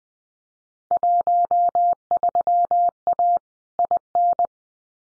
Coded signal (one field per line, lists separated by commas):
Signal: Morse code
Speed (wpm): 20 wpm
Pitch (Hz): 700 Hz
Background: none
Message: 13A IN